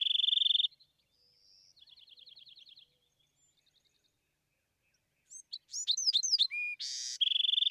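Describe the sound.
Bewick's wren singing: a loud trill, a thin rising note and soft rapid trill, a pause, then a cluster of sharp notes, a buzz and another loud trill.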